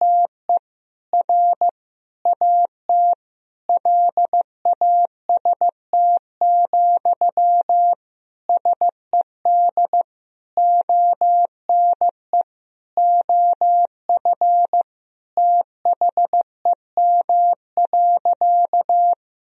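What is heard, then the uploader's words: Morse code sent as a single steady mid-pitched tone, keyed on and off in quick dots and dashes. Short gaps separate letters and longer pauses split words, with keying continuing throughout and nothing else underneath it. These sentences are composed of the Top 300 words and Morse code abbreviations. First, the words and abbreviations are sent in Morse code. 15wpm.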